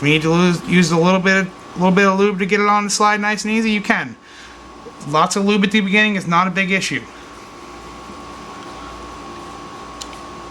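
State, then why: Seated. A Daytona gas kit part is pushed onto the slide of an airsoft rifle in a tight, lubed fit, installed upside down. Someone talks for most of the clip over a steady background hum. A single sharp click at 10.0 s marks the part snapping into place.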